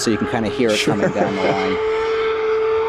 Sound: laughter